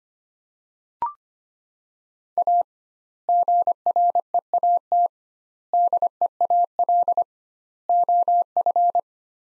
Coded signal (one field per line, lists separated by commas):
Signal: Morse code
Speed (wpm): 25 wpm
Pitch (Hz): 700 Hz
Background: none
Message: A GREAT DEAL OF